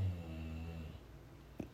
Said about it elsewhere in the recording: Can you hear him snoring. The soundscape of Basil, my bulldog, joining in on the podcast.